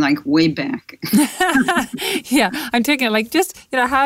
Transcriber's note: laughs